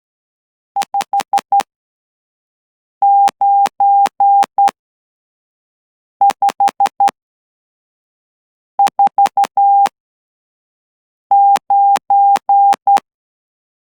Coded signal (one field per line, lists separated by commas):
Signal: Morse code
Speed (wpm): 12 wpm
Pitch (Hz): 800 Hz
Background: none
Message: 59549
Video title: Latihan Mengekod CW pada 12WPM | Persediaan Tx OCW SKMM | Encoding Morse Code at 12WPM